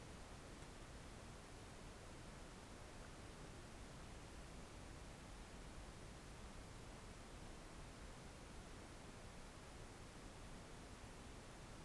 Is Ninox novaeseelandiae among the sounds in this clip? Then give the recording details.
no. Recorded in New Zealand on 4 June 2017. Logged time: 21:16. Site Taranaki